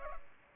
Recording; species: mosquito wingbeat signal from an infrared sensor; Aedes aegypti